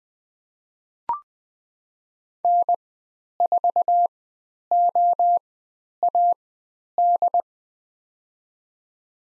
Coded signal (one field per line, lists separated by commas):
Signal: Morse code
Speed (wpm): 20 wpm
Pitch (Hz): 700 Hz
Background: none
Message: N4OAD